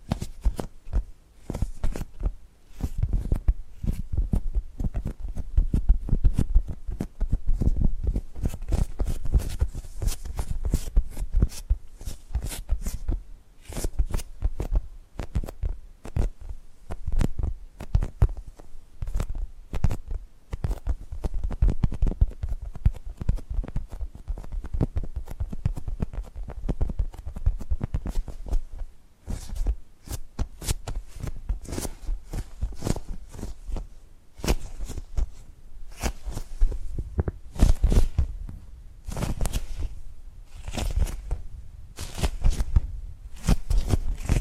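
Tapping and gripping sounds form a dense, irregular run of quick sharp clicks and scrapes, steady throughout with occasional louder taps near the end.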